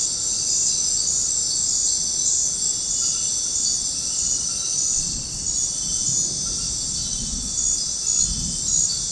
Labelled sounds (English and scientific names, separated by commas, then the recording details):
none
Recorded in dense forest near Puerto Asís, Putumayo, Colombia, on 13 March 2025 at 21:30
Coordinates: 0.500, -76.322
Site GP06